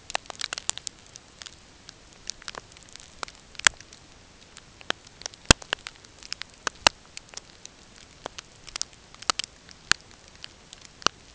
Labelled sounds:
none
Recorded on Arctic tundra, site NAIT-1, on 20 June 2018
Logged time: 05:00

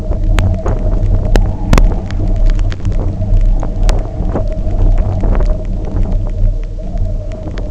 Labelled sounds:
none
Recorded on Arctic tundra, site UTQI-0, on 27 June 2018
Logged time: 16:00

